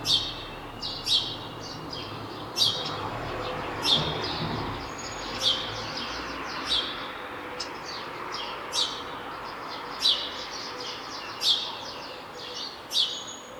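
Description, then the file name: House sparrow chirping steadily, short chirps repeated about every one to one and a half seconds. "Passer domesticus"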